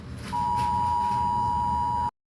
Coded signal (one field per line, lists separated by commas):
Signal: Emergency Alert System (SAME) tones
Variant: 853 and 960 Hz attention tone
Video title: Russia snow storm eas alarm